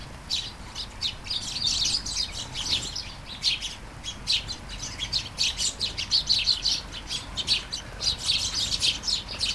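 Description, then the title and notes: Sparrows chirping, a busy flock of short bright chirps overlapping throughout, with a soft hiss of light rain beneath. Flying sparrows in a garden at Taastrup, Denmark, early morning during a light shower; recorded on a Sony PCM-D100 with internal mics. "Kærengen 8, 2630 Taastrup, Denmark - Flying sparrows. Flying sparrows in the garden, early morning. Light shower. Vols de moineaux dans le jardin, au petit matin. Pluie fine"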